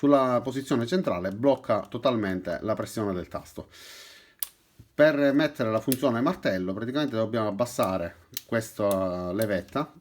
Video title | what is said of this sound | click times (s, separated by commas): Recensione martello perforatore ENKHO professional a batteria. Eurospin. Trapano a percussione 20V. | het onderste deel en al klikken we zullen de bevestiging hebben dat het gepositioneerd is juiste manier. | 4.4 s